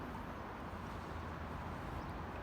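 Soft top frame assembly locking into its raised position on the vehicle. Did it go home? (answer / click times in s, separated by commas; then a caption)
no / none. A soft top frame assembly on a Jeep Wrangler JL is lifted up toward its raised position, with steady low rumbling and handling noise throughout. The clip ends before the frame locks, and nothing has seated or clicked yet.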